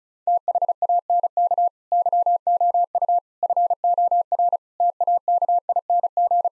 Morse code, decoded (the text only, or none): THANK YOU FOR TAKING